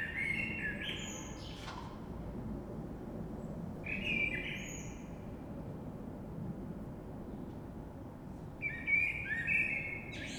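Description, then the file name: Common blackbird song: mellow whistled phrases with squeaky high flourishes, repeated every few seconds, over low background noise. Recorded 3 March 2020. "Rush Merle"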